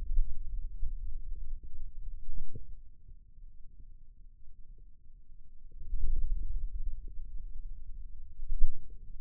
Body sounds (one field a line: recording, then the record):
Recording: forearm muscle sounds (acoustic myography)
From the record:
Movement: wrist extension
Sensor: system 2, bracelet of six BSWA MPA416 microphones around the upper forearm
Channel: 1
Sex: male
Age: 22 years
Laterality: right